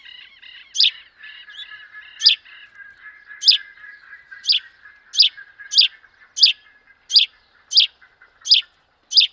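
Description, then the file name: House sparrow calling: a series of sharp, high chips that come closer together as it goes on, over soft chattering notes early on. "Passer domesticus"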